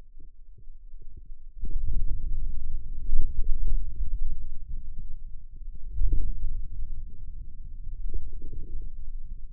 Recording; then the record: forearm muscle sounds (acoustic myography)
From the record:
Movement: wrist extension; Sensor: system 2, bracelet of six BSWA MPA416 microphones around the upper forearm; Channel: 6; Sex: male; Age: 22 years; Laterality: right